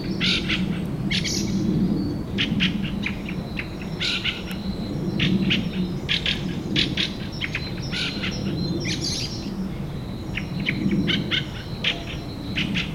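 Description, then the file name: Fieldfare song: continuous stream of scratchy, squeaky chattering notes in short irregular bursts, with a low rumbling hum underneath throughout. Recorded 25 April at 4:30 in the morning. "Drozd-ryabinnik - 25 aprelya 4 30 utra"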